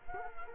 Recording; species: mosquito wingbeat signal from an infrared sensor; Culex quinquefasciatus